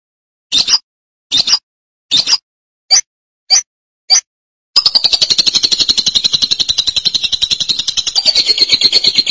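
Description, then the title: Lovebird: six sharp, high chirps spaced about half a second to a second apart, then a sustained, rapid, shrill pulsing chatter to the end. "BM Suara Burung Lovebird"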